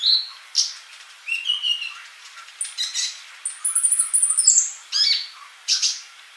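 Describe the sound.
Bird song of varied chirps, a short rising whistle and a high rattling trill, with sharp notes spaced through it.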